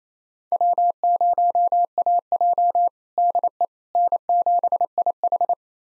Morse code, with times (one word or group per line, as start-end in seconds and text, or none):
0.5-2.9 W0AJ
3.2-3.7 DE
4.0-5.5 N7IH